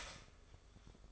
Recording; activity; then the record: daily activity, microphone in the room; start toaster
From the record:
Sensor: 5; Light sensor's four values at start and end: 34/108/41/41 and 34/108/41/41